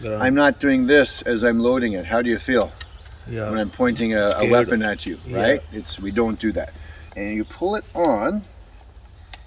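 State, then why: Seated. An arrow's plastic nock is pushed onto a bowstring just below the brass nocking ring while people talk in the foreground. The nock clicks into place at 9.3 s as a short, sharp snap, and the arrow is seated on the string.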